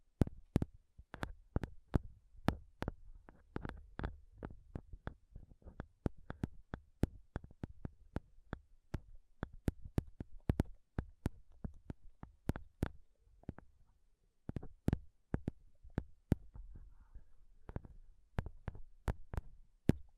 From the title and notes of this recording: ASMR INTENSE MIC TAPPING Sounds Using Nails (no talking).